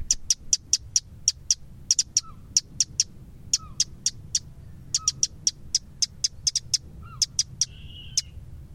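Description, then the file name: Eurasian wren calling with a fast series of hard, clicking ticks, about three to four per second, with brief soft lower notes between them. "Troglodytes troglodytes"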